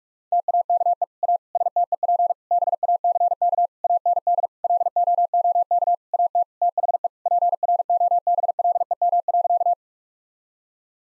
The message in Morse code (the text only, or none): TAKE A STEP BACK AND LOOK AT THE PROBLEM.